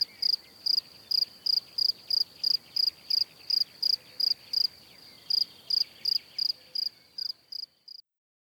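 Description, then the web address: Cricket chirping in a steady rhythm of shrill pulsed notes, about three per second, fading slightly before stopping abruptly, then silence. "Kurs PTTK Przyroda Ptaki Świerszcze"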